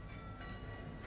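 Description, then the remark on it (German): A train's signal horn holds one steady, high tone for about a second over a low rumbling railway background, with no voices. “Ein Signal.”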